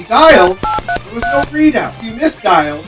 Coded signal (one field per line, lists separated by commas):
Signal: DTMF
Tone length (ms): 140 ms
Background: speech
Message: 833